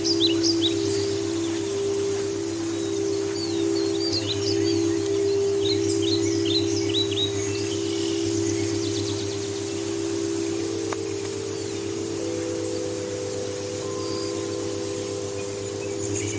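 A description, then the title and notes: Singing bowls hum in long, steady overlapping tones under a light breeze, while birds chirp and twitter brightly through the first ten seconds. 8-14 Hz - Alpha - Light Breeze with singing bowls in the Redwood Trees.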